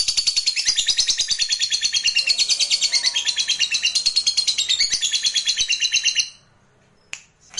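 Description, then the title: Lovebird song: fast, shrill, chattering trills pulsing steadily for six seconds, then stopping abruptly, followed by a brief silence and short sharp notes. Recording meant to spur a reluctant lovebird into spontaneous, eager, sustained singing. "LOVEBIRD Malas Bunyi JADI GREGET SPONTAN Langsung NARIK"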